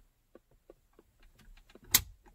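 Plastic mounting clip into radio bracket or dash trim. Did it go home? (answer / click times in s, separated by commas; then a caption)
yes / 1.9 s. A plastic mounting clip is slid into the radio bracket or dash trim during a radio install in a Lamborghini Gallardo, with a few faint plastic ticks and rustles as it moves. The clip seats with a single soft click at 2.0 s.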